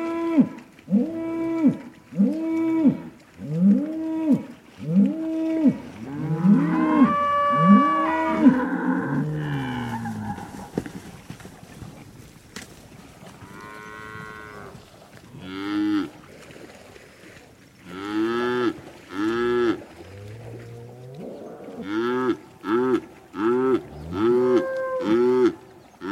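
Cows moo in repeated, rising-and-falling calls, overlapping in quick bursts, with a quieter gap around ten to fifteen seconds.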